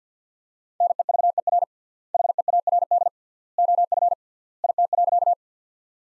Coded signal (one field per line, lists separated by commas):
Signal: Morse code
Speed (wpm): 46 wpm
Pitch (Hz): 700 Hz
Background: none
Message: NEVER HEARD OF IT.